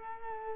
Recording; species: mosquito wingbeat signal from an infrared sensor; Culex quinquefasciatus